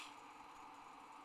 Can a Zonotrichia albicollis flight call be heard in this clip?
no